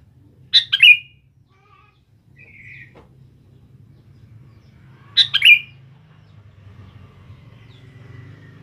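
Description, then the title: Sooty-headed bulbul song, two short liquid phrases falling in pitch about four and a half seconds apart, a faint buzzy note between, low background drone. "Kutilang"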